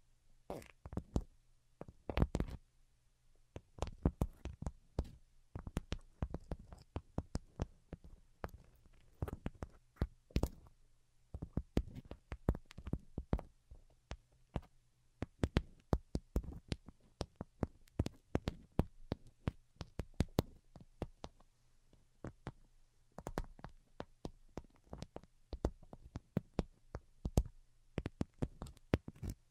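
Light, crisp tapping runs through the whole thirty seconds, each tap a sharp click. The taps come in irregular flurries, sometimes rapid clusters, sometimes brief pauses, with a few louder strikes mixed in. A faint, steady low hum sits underneath throughout.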